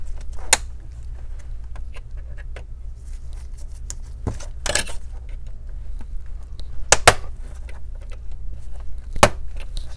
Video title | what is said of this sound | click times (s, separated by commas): Acer Aspire C24 1700 Upgrade M2 SSD and RAM | all right so you can hear the clicking clicking sound today that means I have some kind of opening | 0.5 s, 6.9 s, 7.1 s, 9.2 s